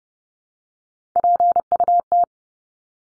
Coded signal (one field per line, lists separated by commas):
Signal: Morse code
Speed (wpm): 30 wpm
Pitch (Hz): 700 Hz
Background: none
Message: PUT